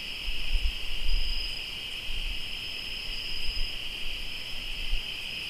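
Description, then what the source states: Cricket: dense, unbroken chirping in two steady high trill bands, while soft low rumbles come and go underneath. Crickets chirping, recorded in Tlayacapan, Morelos.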